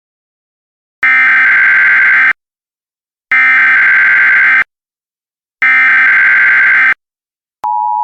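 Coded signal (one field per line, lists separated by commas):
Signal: Emergency Alert System (SAME) tones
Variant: header bursts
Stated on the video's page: Mock EAS scenario, a fictional simulated alert.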